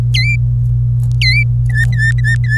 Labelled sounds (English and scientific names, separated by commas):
Domestic Canary (Serinus canaria) song